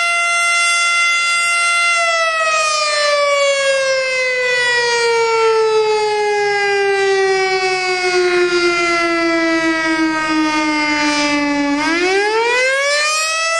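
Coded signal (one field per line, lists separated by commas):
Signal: siren signal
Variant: STH-10 siren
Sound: a loud, rich siren wail sliding slowly down in pitch, then swinging back up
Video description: This is the Monday noon test of our local fire station's siren.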